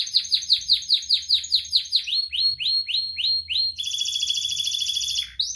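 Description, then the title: Canary delivering rapid repeated rising slurs, then slower swept notes, then switching to a sustained high rattling trill near the end. Actively singing canary ('kenari gacor') with its best 'cengkok' ornamented phrasing and richest 'isian' fill-in material, from Indonesian songbird-keeping hobby (kicaumania) circles. "Kenari Gacor Cengkok Terbaik Isian Paling Mewah Kenarigacor Kicaumania Kenari"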